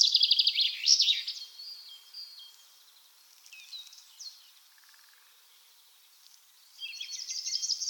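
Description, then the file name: Common chaffinch song: the end of a descending trilled phrase with a flourish, a quieter stretch of thin notes, then a new rapid phrase beginning. "Fringilla coelebs"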